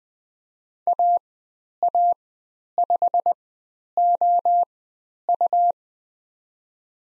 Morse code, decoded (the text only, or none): AA5OU